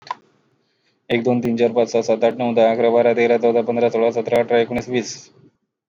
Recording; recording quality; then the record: counting at a fast pace; excellent, no background noise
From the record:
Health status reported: healthy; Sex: male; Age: 31 years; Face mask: not worn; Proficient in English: yes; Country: India